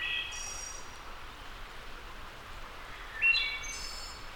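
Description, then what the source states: Wood thrush song: the tail of one phrase, a pause, then a clear whistled phrase followed by a high trill, over steady background hiss. Labelled as a return.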